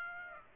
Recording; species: mosquito wingbeat signal from an infrared sensor; Aedes aegypti